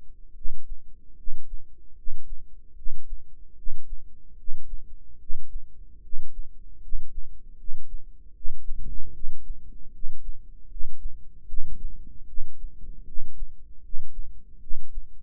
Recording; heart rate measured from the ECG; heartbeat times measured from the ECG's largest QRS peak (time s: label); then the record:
heart sounds by microphone in the right ear; 76 bpm
0.33 s: heartbeat
1.15 s: heartbeat
1.94 s: heartbeat
2.74 s: heartbeat
3.54 s: heartbeat
4.35 s: heartbeat
5.17 s: heartbeat
6.00 s: heartbeat
6.80 s: heartbeat
7.55 s: heartbeat
8.33 s: heartbeat
9.11 s: heartbeat
9.90 s: heartbeat
10.67 s: heartbeat
11.45 s: heartbeat
12.25 s: heartbeat
13.04 s: heartbeat
13.81 s: heartbeat
14.59 s: heartbeat
From the record:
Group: healthy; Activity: rest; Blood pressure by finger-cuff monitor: 119/74 mmHg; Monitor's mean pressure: 87 mmHg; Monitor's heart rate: 76 bpm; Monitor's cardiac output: 7.1 L/min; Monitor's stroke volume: 94 mL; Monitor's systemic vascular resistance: 890 dyn s/cm5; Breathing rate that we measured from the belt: 19 breaths a minute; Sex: male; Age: 35 years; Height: 180 cm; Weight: 86.9 kg